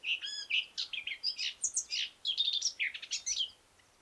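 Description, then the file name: Eurasian blackcap singing a continuous fast, chattering warble of high, varied, scratchy notes with a few clearer whistled notes mixed in. "Sylvia atricapilla"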